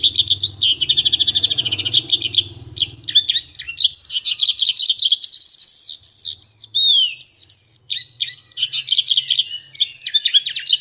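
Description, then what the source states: Horsfield's bush lark song: a dense buzzy trill opening into jumbled high whistles and sweeping slurred notes, with a faint low hum early on. Vietnam-type song style.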